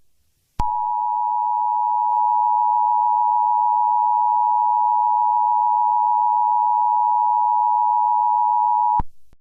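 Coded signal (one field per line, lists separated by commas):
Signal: Emergency Alert System (SAME) tones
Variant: 853 and 960 Hz attention tone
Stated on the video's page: Fictional EAS scenario about a civil war in Florida; simulated alert, not real.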